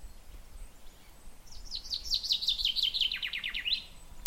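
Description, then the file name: Common chaffinch song: a descending series of bright trilled notes, about two seconds long, ending in a short flourish, over faint background hiss. "Fringilla coelebs"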